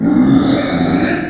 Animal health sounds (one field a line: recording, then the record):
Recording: squeal of a Yucatan mini pig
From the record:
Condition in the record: before surgery on the right vocal fold (resection and tissue-engineered implant)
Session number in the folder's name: 3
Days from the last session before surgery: 0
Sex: female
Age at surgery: 19 weeks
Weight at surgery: 25 kg